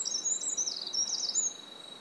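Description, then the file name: Eurasian wren song, a short burst of very high, rapid twittering notes, with a steady thin whine running underneath throughout. "Troglodytes troglodytes"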